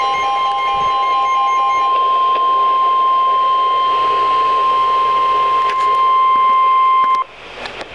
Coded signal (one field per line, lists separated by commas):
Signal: Emergency Alert System (SAME) tones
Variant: 1050 Hz attention tone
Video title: Special Marine Warning (EAS #814)